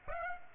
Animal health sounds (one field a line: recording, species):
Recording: mosquito wingbeat signal from an infrared sensor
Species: Aedes aegypti